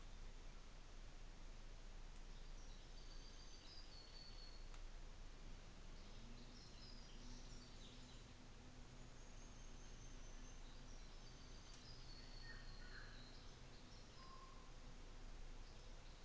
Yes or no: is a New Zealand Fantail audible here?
yes